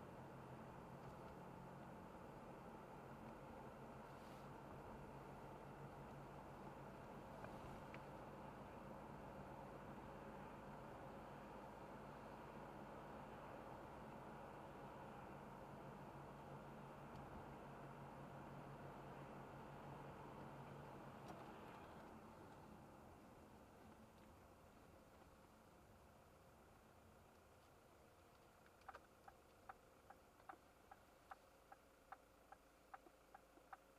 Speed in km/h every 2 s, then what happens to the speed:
49, 50, 52, 53, 54, 55, 55, 53, 52, 52, 48, 29, 19, 16, 13, 8, 0.
0-9 speeds up to 55. 9-19 steady at about 53. 19-34 brakes to 0.